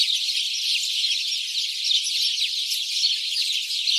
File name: Passer domesticus